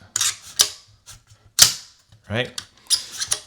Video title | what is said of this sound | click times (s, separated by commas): TRON Elite 7.0 build video!! | And as you can hear, it snaps in place. | 0.2 s